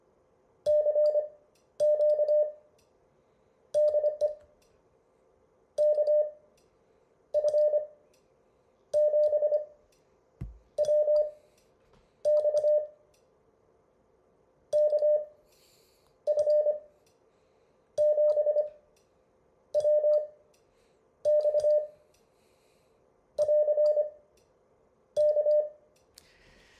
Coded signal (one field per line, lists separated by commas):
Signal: Morse code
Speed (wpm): 25 wpm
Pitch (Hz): 600 Hz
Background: none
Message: CQ DE KF7WX KF7WX <AR> K